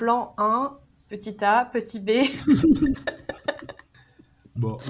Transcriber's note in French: rires